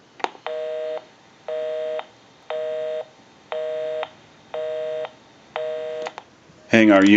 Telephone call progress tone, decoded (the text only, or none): busy tone